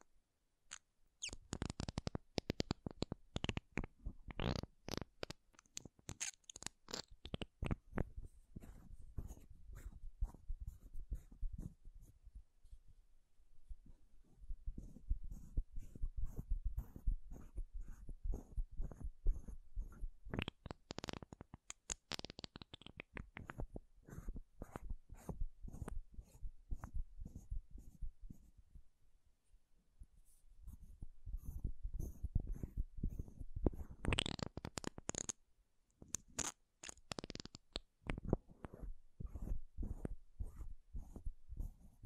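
Makeup tapping and scratching: dense runs of quick, sharp taps and scrapes come in waves, thinning out around 10–13 seconds and again near 30 seconds. Between bursts there are softer, low rubbing and scratching sounds, with a few sudden bright clacks near 21 and 35 seconds.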